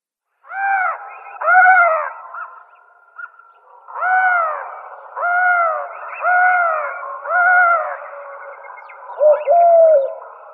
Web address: Schulze Peter Eurasian Collared-Dove calls